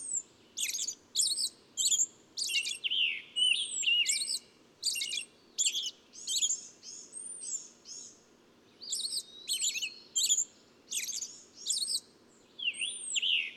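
Birdsong: clusters of sharp twitters and high curved whistles, pausing briefly near the middle, with constant low background noise.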